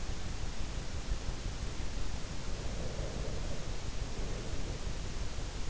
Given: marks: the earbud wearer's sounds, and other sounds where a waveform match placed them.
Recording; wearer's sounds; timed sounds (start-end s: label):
sounds in sleep by an in-ear microphone; breath
2.46-5.14 s: breath